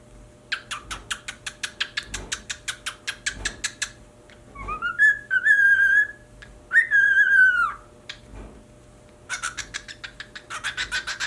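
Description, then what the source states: Cockatiel producing fast repeated chattering pulses, then two drawn-out whistles, before the rapid chatter resumes. Pied cockatiel.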